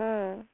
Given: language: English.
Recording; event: throat vibration sensor signal played as sound; speech